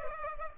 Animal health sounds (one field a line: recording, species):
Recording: mosquito wingbeat signal from an infrared sensor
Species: Culex pipiens